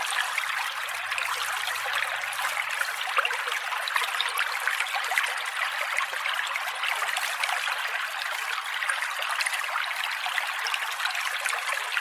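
A gentle stream runs steadily, a dense, bright babble of trickling water with no low rumble and a faint low hum early on.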